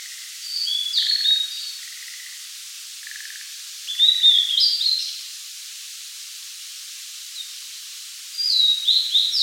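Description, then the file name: Blue-and-white flycatcher song: three high, sweet whistled phrases roughly every four seconds, with soft buzzy notes early on. "Cyanoptila cyanomelana"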